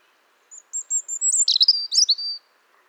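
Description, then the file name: European robin singing a short phrase of thin, very high whistles that turn into a quick, scratchy twitter and end on a sustained note. "Erithacus rubecula"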